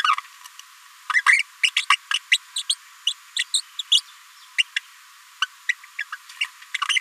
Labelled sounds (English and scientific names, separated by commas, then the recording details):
Green-rumped Parrotlet (Forpus passerinus) babbling
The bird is a female
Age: 29 days
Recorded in a nest box in Venezuela
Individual 17B73B2